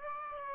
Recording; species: mosquito wingbeat signal from an infrared sensor; Aedes aegypti